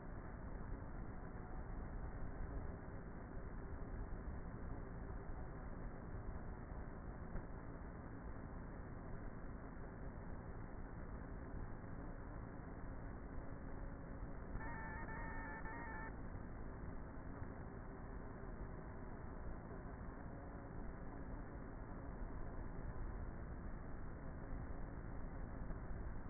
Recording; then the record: honeybee colony, microphone inside the hive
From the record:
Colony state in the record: queenless with a low population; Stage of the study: before two queens were removed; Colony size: about 30,000 bees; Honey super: no